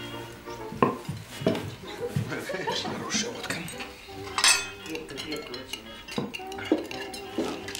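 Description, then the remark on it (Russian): Forks and knives clink against plates in a steady scatter of sharp little taps during a festive meal celebrating a medal. Dishes knock now and then, while several guests talk and murmur over the clatter. “Закусывайте, закусывайте.”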